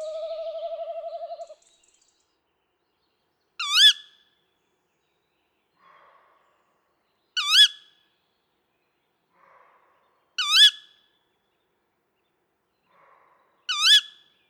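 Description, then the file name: Tawny owl: the tail of a quavering hoot, then four sharp, upward-sweeping ke-wick calls spaced roughly three to four seconds apart, with faint soft notes between. "chouette hulotte"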